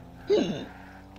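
A single abrupt, brief voiced burst lasting about a third of a second, with a sharp onset and quick fade against a quiet room: one hiccup from an adult, a sudden spasm of the diaphragm snapping the vocal cords shut.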